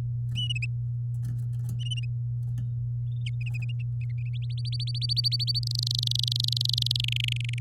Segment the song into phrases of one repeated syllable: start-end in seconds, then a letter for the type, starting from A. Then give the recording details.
4.42-5.59 A, 5.63-7.01 B, 7.04-7.59 C. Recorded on 8 May 2018 at 09:46. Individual llb16